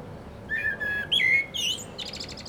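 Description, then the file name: Common blackbird singing one phrase of mellow whistled notes that climbs into a thin, high, scratchy twitter at the end. "Turdus merula"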